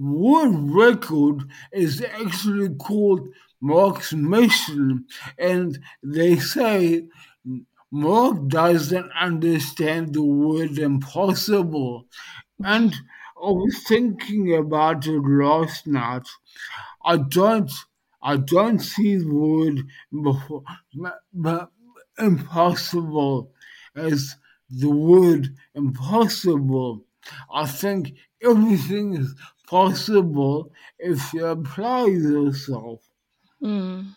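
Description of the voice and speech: Slow, effortful adult male speech with stretched sounds, frequent pauses, a restart and nasal, flat voicing, consistent with dysarthria after a stroke.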